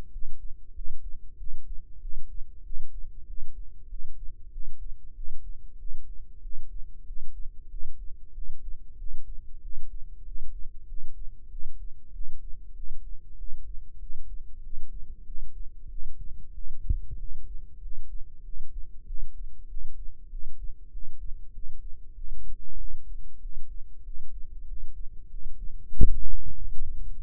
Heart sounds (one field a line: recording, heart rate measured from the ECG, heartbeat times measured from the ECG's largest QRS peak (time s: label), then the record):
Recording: heart sounds by microphone in the left ear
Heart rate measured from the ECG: 95 bpm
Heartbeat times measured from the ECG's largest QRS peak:
0.10 s: heartbeat
0.73 s: heartbeat
1.36 s: heartbeat
1.99 s: heartbeat
2.62 s: heartbeat
3.25 s: heartbeat
3.87 s: heartbeat
4.50 s: heartbeat
5.13 s: heartbeat
5.77 s: heartbeat
6.40 s: heartbeat
7.04 s: heartbeat
7.68 s: heartbeat
8.32 s: heartbeat
8.96 s: heartbeat
9.60 s: heartbeat
10.23 s: heartbeat
10.86 s: heartbeat
11.48 s: heartbeat
12.11 s: heartbeat
12.73 s: heartbeat
13.36 s: heartbeat
13.98 s: heartbeat
14.60 s: heartbeat
15.24 s: heartbeat
15.88 s: heartbeat
16.52 s: heartbeat
17.16 s: heartbeat
17.79 s: heartbeat
18.42 s: heartbeat
19.04 s: heartbeat
19.67 s: heartbeat
20.28 s: heartbeat
20.90 s: heartbeat
21.51 s: heartbeat
22.13 s: heartbeat
22.76 s: heartbeat
23.39 s: heartbeat
24.02 s: heartbeat
24.65 s: heartbeat
25.28 s: heartbeat
25.91 s: heartbeat
26.53 s: heartbeat
27.15 s: heartbeat
From the record:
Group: healthy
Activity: rest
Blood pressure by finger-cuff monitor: 98/69 mmHg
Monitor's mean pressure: 78 mmHg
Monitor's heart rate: 95 bpm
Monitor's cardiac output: 7.5 L/min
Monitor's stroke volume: 79 mL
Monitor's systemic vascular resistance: 750 dyn s/cm5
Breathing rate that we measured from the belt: 17 breaths a minute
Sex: male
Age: 19 years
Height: 178 cm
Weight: 83 kg